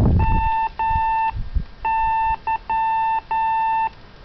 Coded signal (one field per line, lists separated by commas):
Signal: Morse code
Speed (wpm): 12 wpm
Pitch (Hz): 890 Hz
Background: none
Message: MY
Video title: OH6DC Trailer hitch CW key